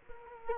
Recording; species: mosquito wingbeat signal from an infrared sensor; Culex quinquefasciatus